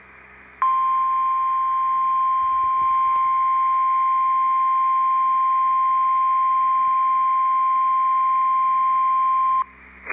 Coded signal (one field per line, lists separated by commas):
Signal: Emergency Alert System (SAME) tones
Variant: 1050 Hz attention tone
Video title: Flash Flood Warning (EAS #48)